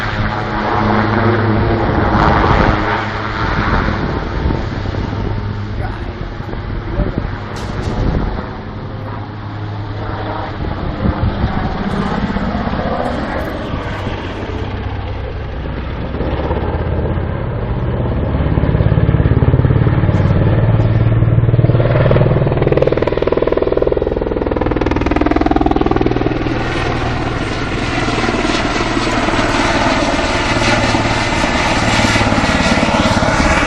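A Super Puma helicopter performs acrobatics, its engine and rotor making a steady, dense roar with a low pulsing thump throughout. The pitch shifts and sweeps as it maneuvers, and the sound swells louder and fuller from about twenty seconds to the end.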